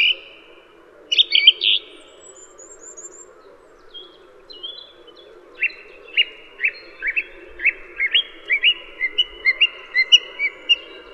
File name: suara-kicauan-burung-song-thrush 2-omkicau